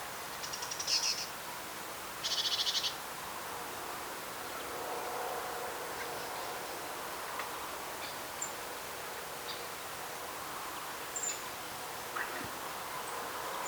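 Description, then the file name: Great tit calls: two short, buzzy high-pitched bursts close together near the start, over a steady background hiss. "Parus major"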